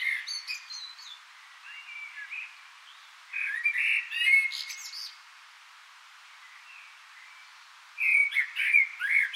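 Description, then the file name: Common blackbird song: warbled fluty phrases with sharp, high twittered notes, separated by quieter gaps. "Turdus merula"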